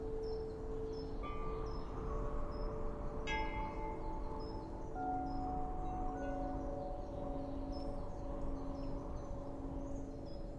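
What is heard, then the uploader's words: Wind chimes ring in a steady breeze, overlapping tones sustaining and fading, with a brighter cluster of strikes near three seconds over low rumbling wind. Autumn Wind Chimes. Then, we leave you with the sounds of wind chimes in an autumn wind.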